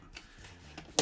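An internal or housing part of a GDPlus portable solar power station is pushed back in during reassembly. Two faint ticks at 0.2 and 0.8 seconds are followed by a sharp, loud click at 1.0 seconds as the part pops into place and seats.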